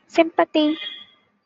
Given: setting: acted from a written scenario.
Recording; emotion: vocal sound without words; sympathy